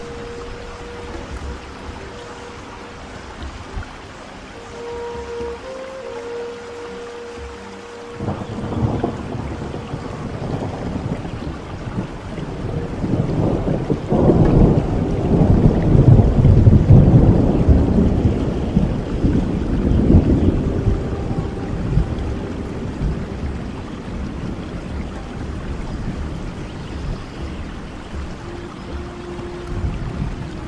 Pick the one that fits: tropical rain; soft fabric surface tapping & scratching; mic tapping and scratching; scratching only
tropical rain